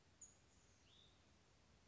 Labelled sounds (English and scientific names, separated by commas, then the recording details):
Hutton's Vireo (Vireo huttoni)
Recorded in Sonoma County, California